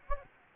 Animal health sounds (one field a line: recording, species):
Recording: mosquito wingbeat signal from an infrared sensor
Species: Anopheles gambiae